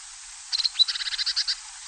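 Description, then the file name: Azure tit with a rapid, chattering series of high, slightly buzzy notes lasting about a second against faint background hiss. "Parus cyanus"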